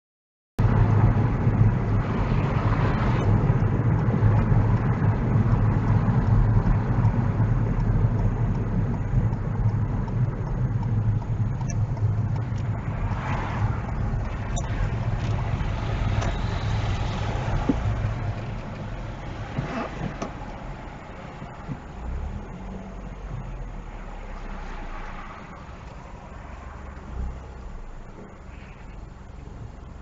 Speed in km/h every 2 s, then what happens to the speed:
31, 29, 27, 21, 18, 13, 11, 13, 10, 0, 0, 0, 0, 0, 0.
0-11 slows to 11. 15-18 brakes to 0. 18-30 standing.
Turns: 9-13.